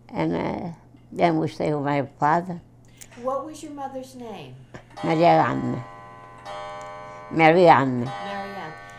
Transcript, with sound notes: And then we stay with my father.
What was your mother's name?
( a bell chimes in the background ) Marianna, Marianna.
Maryanne.